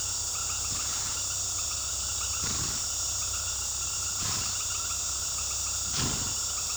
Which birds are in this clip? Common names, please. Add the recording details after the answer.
none. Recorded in pastures near Puerto Asís, Putumayo, Colombia, on 21 February 2024 at 19:30. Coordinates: 0.486, -76.323. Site G6462